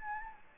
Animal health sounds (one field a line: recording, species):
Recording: mosquito wingbeat signal from an infrared sensor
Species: Anopheles gambiae